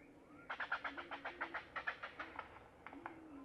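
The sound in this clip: Great-tailed grackle giving a rapid series of many dry clacking notes, then a few scattered clacks after a short pause.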